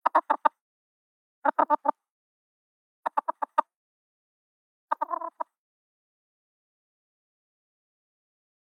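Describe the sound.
Chicken gives rapid stuttered clucks in clusters of four or more, the clusters about one and a half seconds apart, then a long pause before one more.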